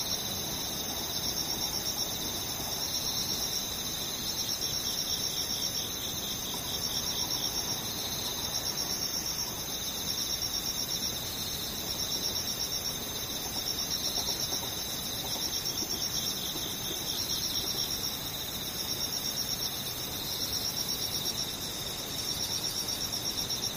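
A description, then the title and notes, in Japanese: Cicadas and insects drone without pause through the whole stretch, a shrill, bright buzz with a fast pulsing flutter inside it. The level holds steady from start to finish, with a soft low rumble beneath and no separate events standing out. セミムシ。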